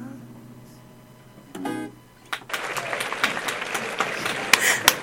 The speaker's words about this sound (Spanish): Y me consta que te puso los aplausos, ¿no? Me consta.